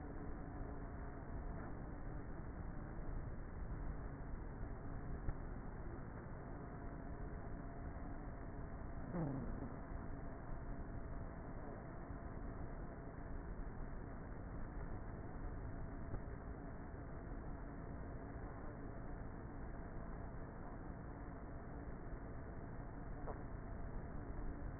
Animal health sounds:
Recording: honeybee colony, microphone inside the hive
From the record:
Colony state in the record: queenless with a low population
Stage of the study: before two queens were removed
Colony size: about 30,000 bees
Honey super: no

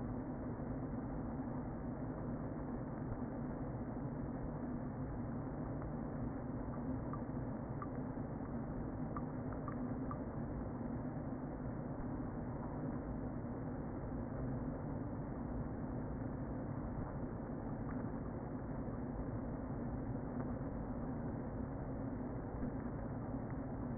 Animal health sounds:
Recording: honeybee colony, microphone inside the hive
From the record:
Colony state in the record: queen present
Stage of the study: before two queens were removed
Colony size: about 60,000 bees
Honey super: yes

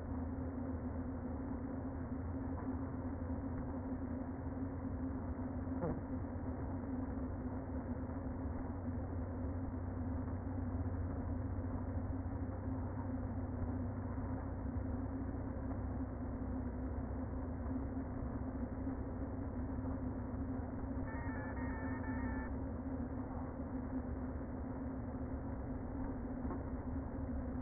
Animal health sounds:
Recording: honeybee colony, microphone inside the hive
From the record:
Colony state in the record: queen present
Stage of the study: before two queens were removed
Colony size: about 60,000 bees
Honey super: yes

